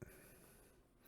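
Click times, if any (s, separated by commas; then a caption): none. A cleaned power cord strain relief is being pushed into the switch panel plate during a rebuild of an Emerson Gen 2 Craftsman drill press. A brief low-pitched bump sounds right at the start, followed by about a second of faint steady hiss. Nothing has seated or clicked yet.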